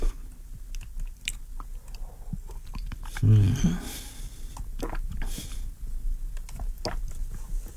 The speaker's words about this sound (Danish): Jeg drikker bare lidt vand i aften.